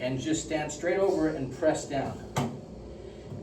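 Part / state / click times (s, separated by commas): oxygen cylinder onto home fill station connector / seated / 2.4 s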